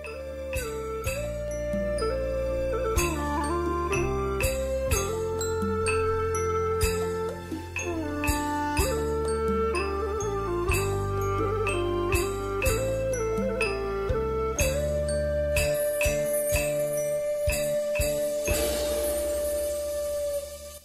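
Wind chimes tinkle on a porch, their bright metallic tones ringing steadily over a sustained, low melodic backdrop, with a brighter shimmering flurry near the end. No one speaks.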